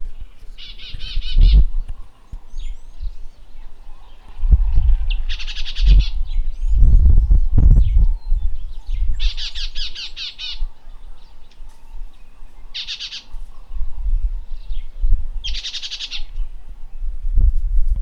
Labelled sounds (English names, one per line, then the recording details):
Moustached Grass-warbler
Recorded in northern Uganda